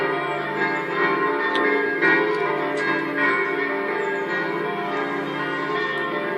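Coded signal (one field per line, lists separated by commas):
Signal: bell signal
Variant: distesa, five swinging bells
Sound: several church bells swinging and ringing continuously, overlapping rich clangs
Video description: distesa delle cinque campane minori mezz' ora prima della messa delle 09:30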